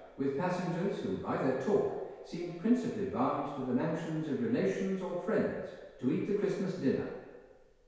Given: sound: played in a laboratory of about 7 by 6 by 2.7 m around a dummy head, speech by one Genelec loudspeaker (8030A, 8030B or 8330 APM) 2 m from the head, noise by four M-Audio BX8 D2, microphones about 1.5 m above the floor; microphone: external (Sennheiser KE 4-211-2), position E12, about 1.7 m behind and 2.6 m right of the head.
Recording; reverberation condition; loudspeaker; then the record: male speech in English; high; 150 degrees to the left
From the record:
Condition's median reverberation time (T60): about 1300 ms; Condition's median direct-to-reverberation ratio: about -4.0 dB